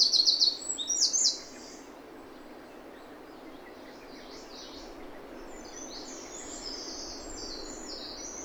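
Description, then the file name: Eurasian wren giving a very high, rapid trill of sharp repeated notes for about a second and a half, followed by faint twittering over steady background hiss. "Troglodytes troglodytes"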